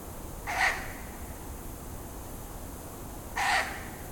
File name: Strix uralensis - Ural Owl